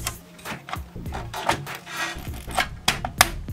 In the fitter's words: 이렇게 찰깍 소리가 나오면 되요